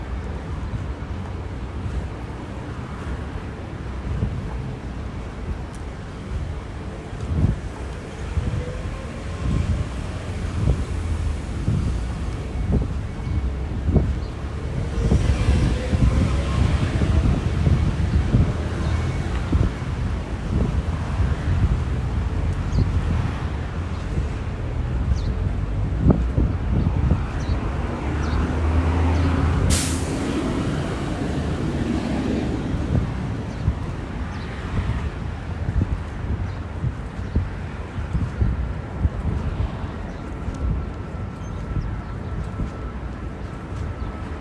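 A ride on public transport, with a steady low rumble of the moving vehicle, faint voices, and a brief sharp click near thirty seconds.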